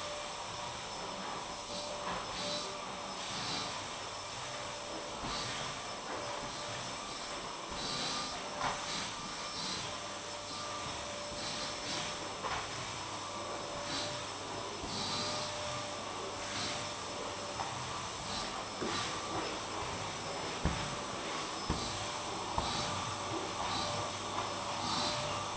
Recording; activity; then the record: daily activity, microphone in the room; vacuum cleaning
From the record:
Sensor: 1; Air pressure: 1011.9 hPa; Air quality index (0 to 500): 239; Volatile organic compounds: 6 ppm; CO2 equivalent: 1899 ppm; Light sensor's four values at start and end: 8/19/8/8 and 8/19/8/9